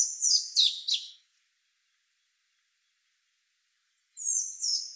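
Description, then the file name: Common blackbird calls: three loud, high downslurred notes in quick succession, then nearly three seconds of silence, then two more high, squeaky notes. "Turdus merula"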